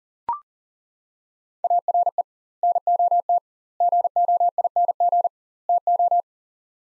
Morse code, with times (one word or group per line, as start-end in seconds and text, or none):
1.6-2.2 ARE
2.6-3.4 NOT
3.8-5.3 GOING
5.7-6.2 TO